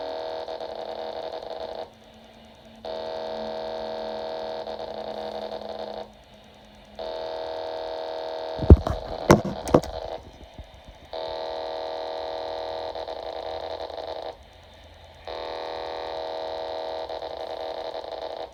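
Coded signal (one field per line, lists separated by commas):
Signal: unidentified radio signal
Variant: amplitude shift keying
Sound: repeated buzzy data bursts of about 3-4 seconds, separated by short pauses, with clicks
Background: radio static, handling clicks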